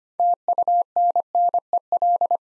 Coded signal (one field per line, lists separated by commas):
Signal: Morse code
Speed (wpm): 25 wpm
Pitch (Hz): 700 Hz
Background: none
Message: TUNNEL